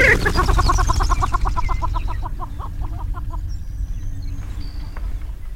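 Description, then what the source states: Greater prairie chicken giving a rapid run of clucking cackles that slows and fades over about three seconds. Flushed.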